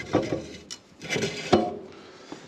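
A new Koni Yellow strut insert for a 2011-2014 Honda Civic Si is dropped into the strut housing, with two dull, wooden-sounding knocks at 0.7 s and 1.5 s among soft rubbing. The insert is not all the way in yet and has not seated or clicked; it will be drawn in later by ratcheting a screw.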